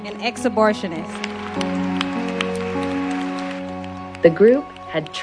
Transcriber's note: applause